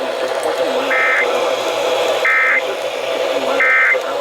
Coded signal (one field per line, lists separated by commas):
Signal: Emergency Alert System (SAME) tones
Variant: end-of-message bursts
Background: speech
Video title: COLUMBIA'S TAKEOVER... EAS Alerts from 6/16/22 (EAS #7,331 - 7,479)